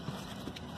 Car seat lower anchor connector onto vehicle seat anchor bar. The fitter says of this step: that on you can hear it click in okay hear that click